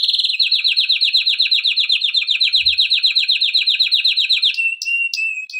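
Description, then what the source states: Canary song, a long rapid rolling trill of quick repeated notes, then a steady high whistle broken by sharp ticks near the end. Intended for training canaries.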